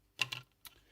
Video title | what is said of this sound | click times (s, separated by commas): Kotobukiya 1/100 Metal Gear Rex Part 2 | down and that clicks into place. So that's that ball joint. | 0.2 s, 0.3 s